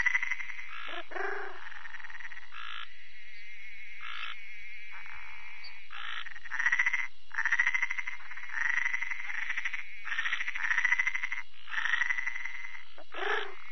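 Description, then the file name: Treefrog producing a long series of pulsed, buzzy notes of varying length, with a lower croaking call at the start and end. "Bokermannohyla luctuosa"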